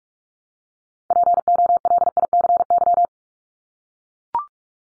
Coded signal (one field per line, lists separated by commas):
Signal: Morse code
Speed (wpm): 44 wpm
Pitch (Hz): 700 Hz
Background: none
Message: POLICY